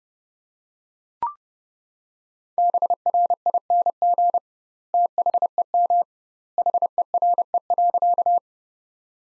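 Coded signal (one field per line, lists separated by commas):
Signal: Morse code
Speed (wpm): 30 wpm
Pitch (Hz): 700 Hz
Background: none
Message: BRING THEM HERE.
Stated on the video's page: Morse Code Ninja practice: sentences from the top 500 words at 30 wpm with double standard word spacing, a word-based approach analogous to Farnsworth.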